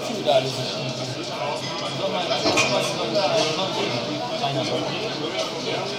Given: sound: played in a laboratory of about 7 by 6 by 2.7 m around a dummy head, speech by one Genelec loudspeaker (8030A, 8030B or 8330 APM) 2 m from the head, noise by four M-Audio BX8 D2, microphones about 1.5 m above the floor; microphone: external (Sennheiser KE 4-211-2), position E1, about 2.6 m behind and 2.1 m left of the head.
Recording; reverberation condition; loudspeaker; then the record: cafeteria noise; medium; four, about 170 cm from the corners of the room and facing them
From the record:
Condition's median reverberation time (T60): about 510 ms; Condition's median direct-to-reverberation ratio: about -0.5 dB